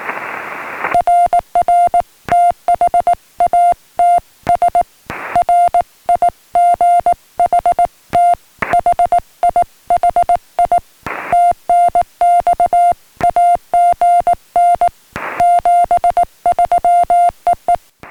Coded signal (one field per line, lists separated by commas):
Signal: Morse code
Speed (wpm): 18 wpm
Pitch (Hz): 700 Hz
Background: music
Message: RR THATS RIGHT HIHI TNX AGN 73 EE